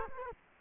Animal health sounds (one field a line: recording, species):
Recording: mosquito wingbeat signal from an infrared sensor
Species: Culex quinquefasciatus